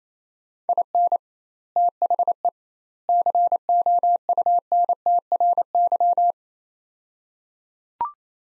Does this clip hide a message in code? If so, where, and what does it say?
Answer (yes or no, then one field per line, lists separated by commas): yes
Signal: Morse code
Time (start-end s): 0.7-6.3 s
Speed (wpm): 27 wpm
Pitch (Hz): 700 Hz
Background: none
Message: IN THE COUNTRY